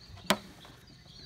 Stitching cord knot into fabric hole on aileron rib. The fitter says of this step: heard it pop there's it goes down into this hole